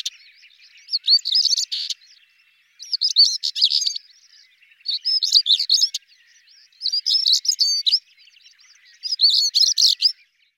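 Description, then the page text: European stonechat song: short, scratchy, twittering high phrases about a second long, delivered five times with roughly one-second pauses between them. "le chant : Tarier pâtre"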